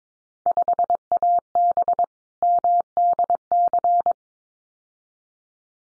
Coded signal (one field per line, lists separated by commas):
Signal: Morse code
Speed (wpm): 22 wpm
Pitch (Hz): 700 Hz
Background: none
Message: 5AB MDC